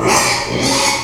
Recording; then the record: squeal of a Yucatan mini pig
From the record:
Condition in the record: before surgery on the right vocal fold (resection and tissue-engineered implant); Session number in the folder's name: 2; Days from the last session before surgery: 0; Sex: male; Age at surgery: 12 weeks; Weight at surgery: 13 kg